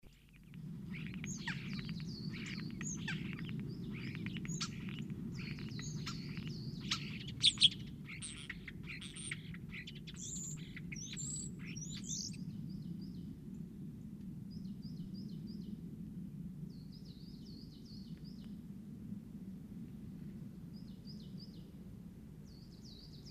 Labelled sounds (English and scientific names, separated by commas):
European Starling (Sturnus vulgaris) song